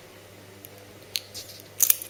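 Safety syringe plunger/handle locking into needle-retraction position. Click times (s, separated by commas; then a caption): 1.8 s, 1.9 s. Someone pushes the green handle of a plastic safety syringe after a self-injection, and it clicks into its locked position at 1.8 and 1.9 seconds, retracting the needle. Fainter sharp ticks come before it, one at about 1.2 seconds, against quiet background hum.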